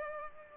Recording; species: mosquito wingbeat signal from an infrared sensor; Culex pipiens